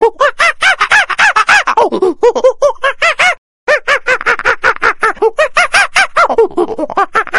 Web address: schimpanse